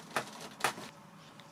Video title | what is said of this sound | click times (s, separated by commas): Build Arrows 1800 Husky Part 1 of 3 IMPORTANT UPDATE | that one didn't click that one did | 0.6 s